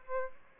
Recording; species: mosquito wingbeat signal from an infrared sensor; Aedes albopictus